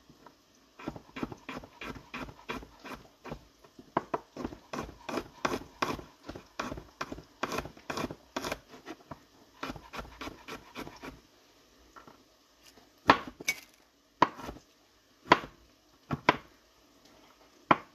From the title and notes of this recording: ASMR Cooking. I made an easy crayfish-soup. Chopping vegetables, frying onions, pouring water.